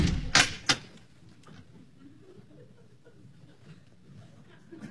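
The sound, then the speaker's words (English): A man shuts a door with a loud thud, quickly followed by a second sharp clack as he locks it behind him, then only a faint low murmur of background activity remains. “And he locked the door behind him.”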